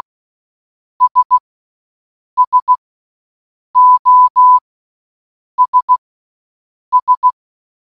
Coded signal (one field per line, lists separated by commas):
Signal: Morse code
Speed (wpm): 16 wpm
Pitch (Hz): 1000 Hz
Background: none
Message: S SOS S